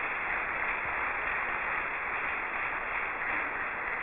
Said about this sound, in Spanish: Aplausos a Dios y a María nuestra Madre.